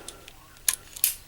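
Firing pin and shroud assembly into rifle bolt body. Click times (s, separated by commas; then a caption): 0.7 s, 1.0 s. The firing pin and shroud assembly of a Mauser military surplus rifle is rotated further on the steel bolt body, producing faint ticks before two sharp metallic clicks at 0.7 s and 1.0 s. The shroud clicks home on its second detent, leaving the bolt fully assembled.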